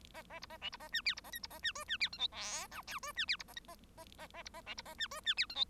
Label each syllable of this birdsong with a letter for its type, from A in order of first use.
A A B A C B A D E B A F B A D G D E H I J K L G D E B A A A A A B A C B A D G D E H I